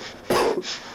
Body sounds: coughing mixed with background sound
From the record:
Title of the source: Coughing 77

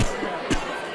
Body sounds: coughing mixed with background sound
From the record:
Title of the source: Coughing 51

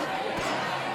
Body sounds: coughing mixed with background sound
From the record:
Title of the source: Coughing 46

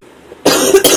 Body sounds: coughing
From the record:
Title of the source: 34 coughing up crap again

